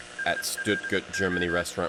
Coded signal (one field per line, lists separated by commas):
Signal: Morse code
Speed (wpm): 27 wpm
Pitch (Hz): 1600 Hz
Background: speech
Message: SLO